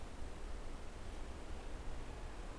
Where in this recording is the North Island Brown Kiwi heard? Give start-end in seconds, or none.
none